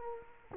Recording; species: mosquito wingbeat signal from an infrared sensor; Culex quinquefasciatus